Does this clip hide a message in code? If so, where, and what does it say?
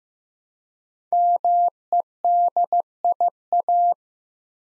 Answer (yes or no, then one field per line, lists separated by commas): yes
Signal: Morse code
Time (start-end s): 1.1-3.9 s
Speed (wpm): 15 wpm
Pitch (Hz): 700 Hz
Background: none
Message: MEDIA